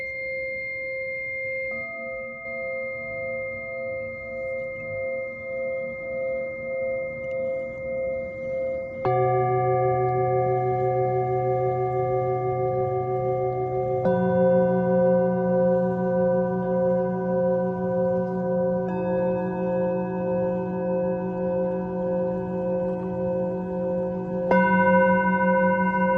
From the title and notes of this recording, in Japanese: メキシコから シンギングボウルのサウンドヒーリング。